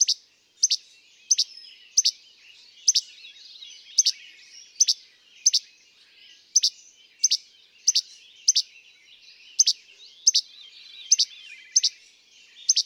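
Least flycatcher delivering a long run of snappy che-bek notes at a quick, fairly even pace, with faint high birdsong in the background.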